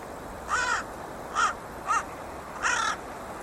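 Bird calling with four rasping, cawing notes in quick succession, the middle two shorter and sharper, against a low constant hiss.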